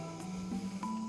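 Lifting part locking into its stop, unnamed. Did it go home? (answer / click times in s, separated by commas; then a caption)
no / none. An unnamed part on a Hyundai is lifted by hand in a garage, heading toward the stop where it locks into position. Steady background music plays throughout, with a brief broadband burst around 0.8 s. Nothing has seated or clicked yet.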